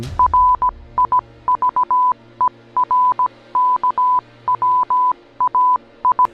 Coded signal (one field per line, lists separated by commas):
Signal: Morse code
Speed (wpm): 17 wpm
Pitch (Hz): 1000 Hz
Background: none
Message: RIVERKWAI